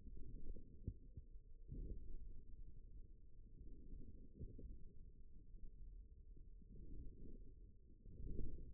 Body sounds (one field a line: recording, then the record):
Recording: forearm muscle sounds (acoustic myography)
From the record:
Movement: forearm supination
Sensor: system 1, eight BSWA MPA416 microphones around the upper forearm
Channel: 3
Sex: male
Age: 41 years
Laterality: right